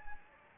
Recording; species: mosquito wingbeat signal from an infrared sensor; Anopheles gambiae